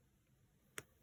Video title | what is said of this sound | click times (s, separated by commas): Festive Lego builds 2022: Building Christmas | So you do actually hear a pop when it snaps in, which is nice because, you know, it really helps me to know. | 0.8 s